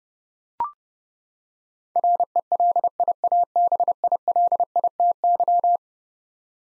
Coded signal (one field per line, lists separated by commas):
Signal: Morse code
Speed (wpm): 30 wpm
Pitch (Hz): 700 Hz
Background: none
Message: RELIABILITY